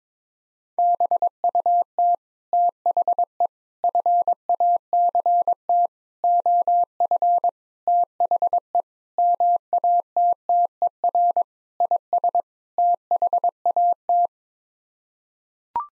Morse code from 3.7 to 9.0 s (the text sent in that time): FACT OF THE